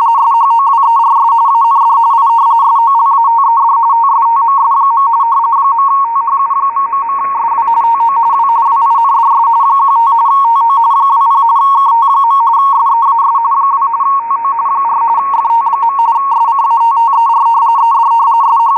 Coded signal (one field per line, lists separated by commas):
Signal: RTTY